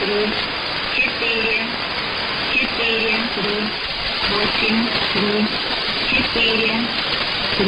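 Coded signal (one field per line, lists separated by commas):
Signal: numbers station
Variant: S06s, Russian female voice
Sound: female voice reading short evenly spaced words under heavy hiss and static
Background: radio static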